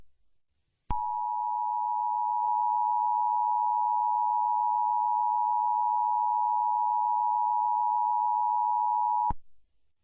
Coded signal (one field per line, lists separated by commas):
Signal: Emergency Alert System (SAME) tones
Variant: 853 and 960 Hz attention tone